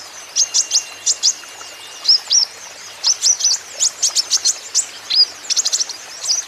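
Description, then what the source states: Van Hasselt's sunbird song: energetic sequence of thin, very high chirps with a few rising whistled squeaks, repeated in rapid groups throughout. Caged Van Hasselt's sunbird singing steadily, used as a lure and therapy song to prompt trainee birds to answer.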